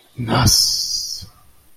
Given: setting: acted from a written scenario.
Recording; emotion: vocal sound without words; desire